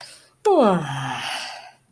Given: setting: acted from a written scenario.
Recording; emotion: vocal sound without words; contentment